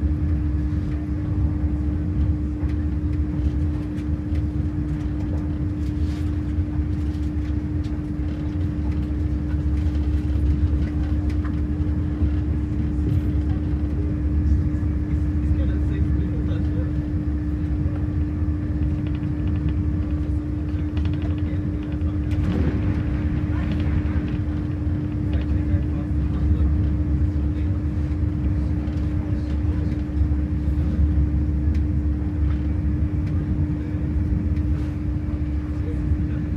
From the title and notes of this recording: Train to Bristol. A recording of part of the trip to Bristol.